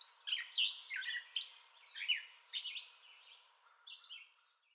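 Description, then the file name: Gray catbird song: several squeaky, warbled phrases early on, then the singing thins out and fades toward the end. Song bout recorded 30 May 2021. "2021-05-30 Gray Catbird Song Bout"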